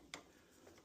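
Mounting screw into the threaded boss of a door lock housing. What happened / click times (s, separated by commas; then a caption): The screw thread dropped into engagement with a small click / 0.1 s. A machine screw is turned backwards against the threaded boss of a Schlage keypad door lock housing while the lock is reinstalled after a dead-battery fix. At 0.1 s the thread start drops into engagement with a small, sharp tick, and a fainter tick follows near 0.7 s. The mounting screw is seated in its thread.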